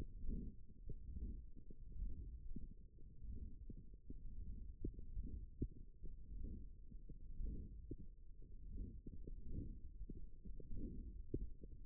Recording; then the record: forearm muscle sounds (acoustic myography)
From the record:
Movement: hand closing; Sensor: system 1, eight BSWA MPA416 microphones around the upper forearm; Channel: 4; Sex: female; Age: 22 years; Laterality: right